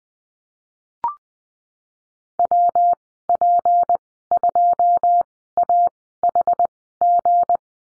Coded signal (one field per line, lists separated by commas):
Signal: Morse code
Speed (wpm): 20 wpm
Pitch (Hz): 700 Hz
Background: none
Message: WP2AHG